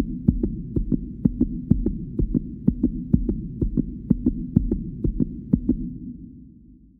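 Rapid heartbeat: steady paired lub-dub beats, roughly two per second, over a low hum, fading out at the end.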